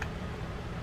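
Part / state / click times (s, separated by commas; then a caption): level-wind drive gear into baitcasting reel frame / not seated / none. A level-wind drive gear is being handled, after oiling, to refit it into the frame of a Daiwa Millionaire II baitcasting fishing reel. A brief sharp tick at 0.0 s is followed by a steady low rumble and faint handling noise. Nothing has seated or clicked into place yet.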